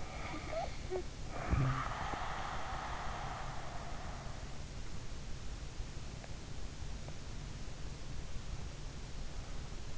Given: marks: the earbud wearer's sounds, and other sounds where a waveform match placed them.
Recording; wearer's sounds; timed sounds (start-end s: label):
sounds in sleep by an in-ear microphone; snoring breath
0.00-4.56 s: snoring breath